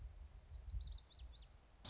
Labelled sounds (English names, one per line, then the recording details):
Lazuli Bunting
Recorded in Sonoma County, California